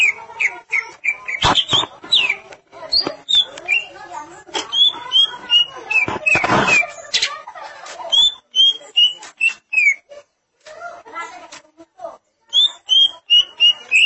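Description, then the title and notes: Greater green leafbird song of repeated whistled slurs and varied chirps, interrupted by loud harsh scratchy bursts before the whistles resume. "Suara Kicauan Burung Cucak Ijo"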